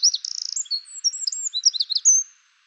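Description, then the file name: Eurasian wren singing a shrill, fast outpouring: a quick buzzy rattle near the start, then tumbling high chips and trills for about two and a half seconds. "Troglodytes troglodytes"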